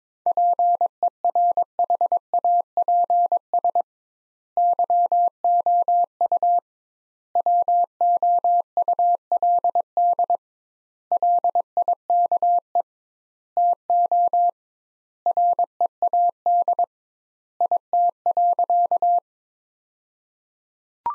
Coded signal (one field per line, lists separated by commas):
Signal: Morse code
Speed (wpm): 22 wpm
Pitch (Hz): 700 Hz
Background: none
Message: PERHAPS YOU WOULD LIKE TO READ IT.